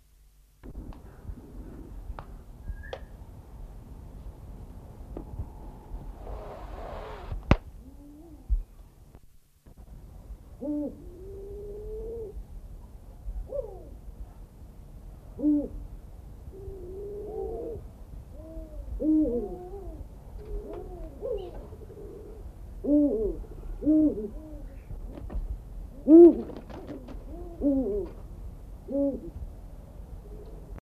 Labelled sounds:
Eurasian Eagle-owl call

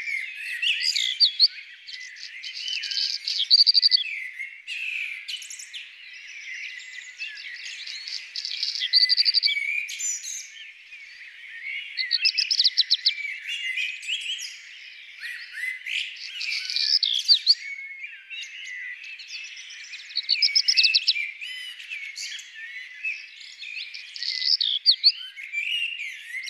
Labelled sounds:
Black Redstart song

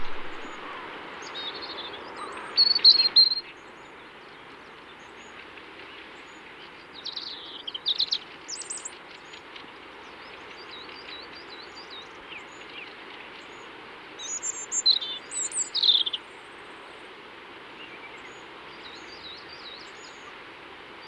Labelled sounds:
European Robin song

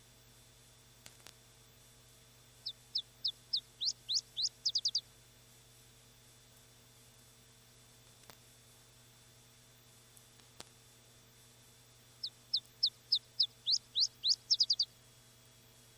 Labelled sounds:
Iberian Chiffchaff song

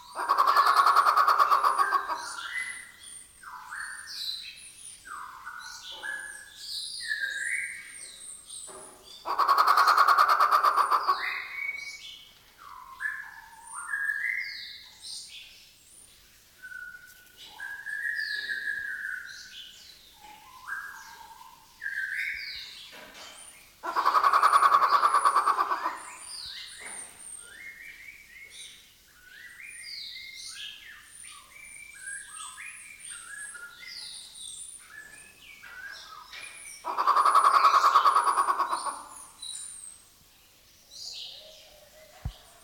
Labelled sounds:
Grey Peacock-Pheasant

